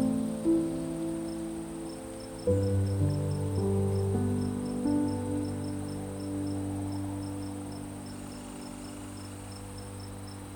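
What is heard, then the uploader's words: Soft piano plays slow, low chords that change every second or so, with new notes struck near 2.5 and 5 seconds and then left to ring and fade. Crickets chirp throughout in quick, evenly spaced bright pulses, over a thin, steady high hiss. Relaxing Sleep Music and Night Nature Sounds_ Soft Crickets, Beautiful Piano.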